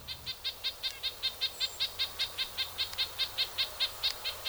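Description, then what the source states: Red-breasted Nuthatch calling, a steady run of short nasal toots, evenly spaced throughout. Visiting the Ozarks from last fall through winter into spring; usually stays far north in spruce and fir forests.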